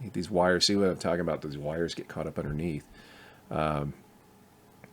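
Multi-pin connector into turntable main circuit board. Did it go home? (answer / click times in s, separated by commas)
yes / 4.8 s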